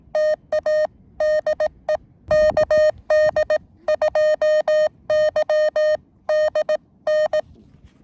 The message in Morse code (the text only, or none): TA DE KD2YDN